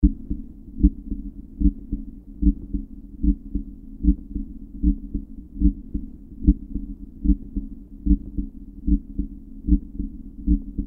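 Deep, muffled thumps repeat steadily at about 74 beats a minute, each heard as a paired lub-dub. The rhythm stays regular throughout, over a faint low hum. This is a plain heartbeat.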